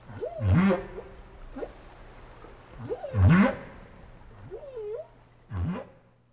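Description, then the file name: Whale calls: low moaning sweeps and short rising whoops, repeated in several bursts. "tower whales"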